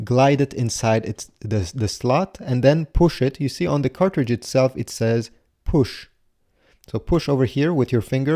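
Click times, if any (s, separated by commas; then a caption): none. A yellow plastic ink cartridge is glided into its slot in the carriage of an Epson WorkForce WF-2960 / WF-2860 printer and pushed with a finger on its "push" mark. Someone talks almost throughout, with a short quiet gap around 5.4–6.8 s. Nothing has seated or clicked yet when the clip ends.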